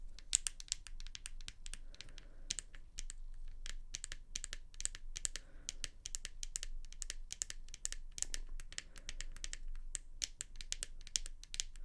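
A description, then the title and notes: Quick, crisp tapping runs through the whole twelve seconds, a dense stream of sharp clicks at an uneven, typing-like pace with brief pauses around two and eight seconds. The taps are bright and clicky, over a faint low rumble that stays steady underneath. Tapping.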